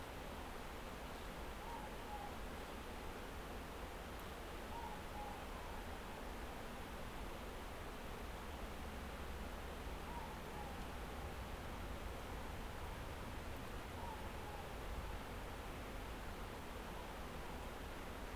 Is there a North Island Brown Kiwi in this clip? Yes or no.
no